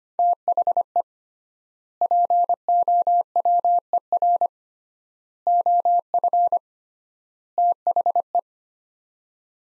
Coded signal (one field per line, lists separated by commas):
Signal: Morse code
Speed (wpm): 25 wpm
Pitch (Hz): 700 Hz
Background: none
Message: THE POWER OF THE